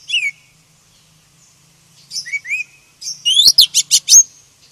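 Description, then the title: Oriental magpie-robin singing a brief whistled slur, then a few rising notes, ending in a fast series of sharp, bright chirps. "KACER HITAM"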